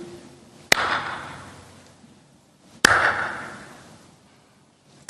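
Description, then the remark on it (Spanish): One person claps their hands slowly, three sharp, loud claps spaced about two seconds apart, each followed by a long fading ring. No one speaks. “De pronto dice, cada vez que aplaudo, muere un niño en África.”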